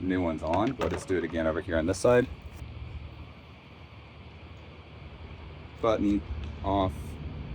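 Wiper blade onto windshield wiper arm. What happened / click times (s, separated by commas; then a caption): Handled, not yet home: no seating click is heard / none. Someone talks while working on a Tesla's windshield wipers: the old passenger-side wiper blade is being taken off the wiper arm with its release button so a new blade can be pushed on until it locks. After the talking, low background noise and quiet handling are heard, followed by a few more words near the end. Nothing has seated or clicked yet.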